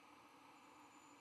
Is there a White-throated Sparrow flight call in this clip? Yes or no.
no